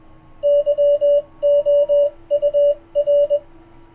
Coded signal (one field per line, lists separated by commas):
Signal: Morse code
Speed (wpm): 20 wpm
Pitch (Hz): 580 Hz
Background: none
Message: YOUR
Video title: YAESU FT-891S 18 - CW Decoding Via The PC's Microphone - C# WPF - David G7UIV